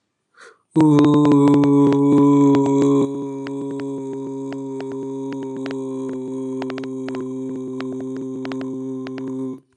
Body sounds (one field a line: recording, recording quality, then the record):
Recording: sustained vowel as in boot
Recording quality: excellent, no background noise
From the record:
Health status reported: healthy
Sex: male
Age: 19 years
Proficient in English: yes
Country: India